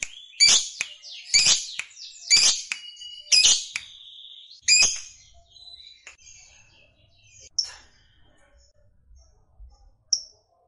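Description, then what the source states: Lovebird calling in five loud shrill chirp bursts about a second apart, then fading to sparse twitters and a final high squeak. Fighter-type lovebird singing energetically (gacor).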